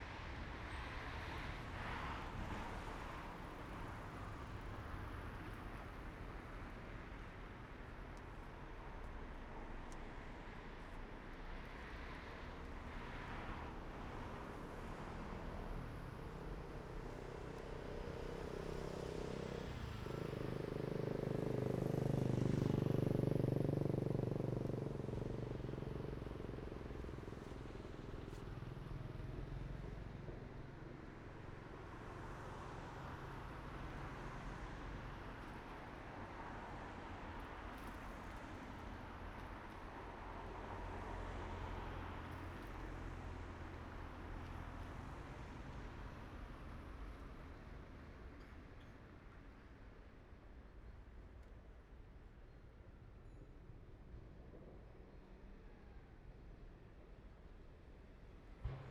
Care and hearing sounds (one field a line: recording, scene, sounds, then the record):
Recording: everyday scene through a hearing-aid microphone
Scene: in traffic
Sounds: traffic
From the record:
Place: main road on the outskirts, rush hour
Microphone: behind the ear, right, front